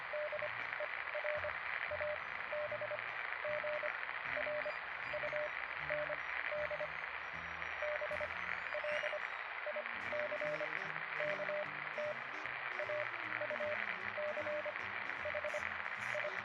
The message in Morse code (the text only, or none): DER ABGRUND BLICKT AUCH I